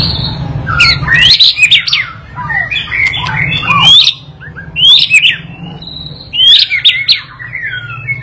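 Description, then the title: White-rumped shama song: varied whistled and chattering phrases sweeping between low and high pitch, with sharp upward notes and a steady low hum underneath. Training song for teaching a young bird to sing continuously. "MURAI BATU PAUD BELAJAR GACOR, AJARI DENGAN MASTERAN PANCINGAN INI"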